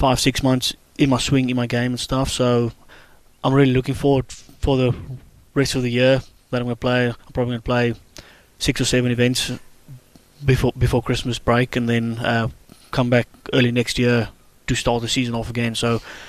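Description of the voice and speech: An adult man, a professional golfer who stutters, speaks at a moderate pace, mostly fluently, with a part-word repetition ("be- before") and several stretched sounds and drawn-out pauses between phrases. These are mild stuttering disfluencies in otherwise smooth conversational speech.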